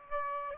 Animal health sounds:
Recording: mosquito wingbeat signal from an infrared sensor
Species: Aedes aegypti

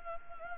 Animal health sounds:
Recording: mosquito wingbeat signal from an infrared sensor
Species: Anopheles gambiae

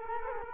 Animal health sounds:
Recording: mosquito wingbeat signal from an infrared sensor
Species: Culex quinquefasciatus

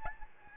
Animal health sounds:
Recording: mosquito wingbeat signal from an infrared sensor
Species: Aedes albopictus

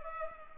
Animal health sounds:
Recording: mosquito wingbeat signal from an infrared sensor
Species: Culex pipiens

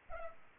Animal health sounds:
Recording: mosquito wingbeat signal from an infrared sensor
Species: Culex pipiens

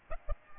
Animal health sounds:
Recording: mosquito wingbeat signal from an infrared sensor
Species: Aedes aegypti

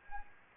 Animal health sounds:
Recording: mosquito wingbeat signal from an infrared sensor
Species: Anopheles gambiae

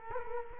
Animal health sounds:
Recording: mosquito wingbeat signal from an infrared sensor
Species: Culex quinquefasciatus

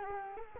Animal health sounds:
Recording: mosquito wingbeat signal from an infrared sensor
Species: Culex quinquefasciatus

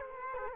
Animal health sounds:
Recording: mosquito wingbeat signal from an infrared sensor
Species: Culex quinquefasciatus

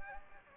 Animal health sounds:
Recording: mosquito wingbeat signal from an infrared sensor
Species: Anopheles gambiae

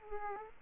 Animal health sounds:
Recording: mosquito wingbeat signal from an infrared sensor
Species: Aedes aegypti

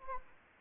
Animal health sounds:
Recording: mosquito wingbeat signal from an infrared sensor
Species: Anopheles gambiae

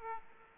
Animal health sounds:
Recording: mosquito wingbeat signal from an infrared sensor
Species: Aedes aegypti

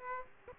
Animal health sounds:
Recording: mosquito wingbeat signal from an infrared sensor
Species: Aedes aegypti

